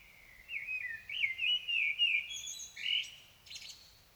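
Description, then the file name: Common blackbird song: a mellow, fluted warble wandering around mid pitch, ending in a squeaky, high twittered flourish. "Turdus merula"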